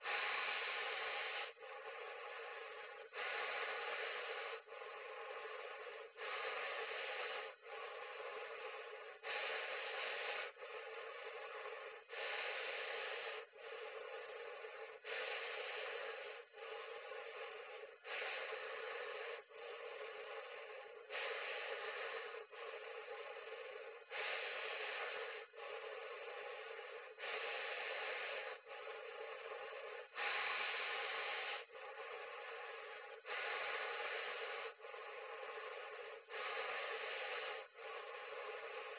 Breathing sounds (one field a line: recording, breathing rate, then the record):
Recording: paced breathing near a phone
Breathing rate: 20 breaths a minute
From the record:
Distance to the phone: 20 cm